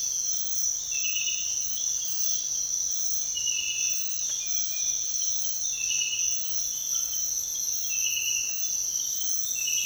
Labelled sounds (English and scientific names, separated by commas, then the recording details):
none
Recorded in dense forest near Puerto Asís, Putumayo, Colombia, on 29 June 2025 at 05:30
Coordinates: 0.468, -76.322
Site GP03